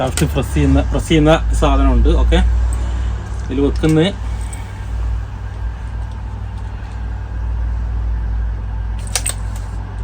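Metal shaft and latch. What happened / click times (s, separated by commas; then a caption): The shaft is handled and pushed toward the mechanism, but a sharp double click near the end could be it catching / none. A spear shaft is being handled with a loading tool at a pneumatic speargun, a Mares Mini Sten, to be pushed down the barrel into the release mechanism. Someone talks over a low steady hum, with a few brief knocks late in the clip. Nothing has seated or locked into the mechanism yet.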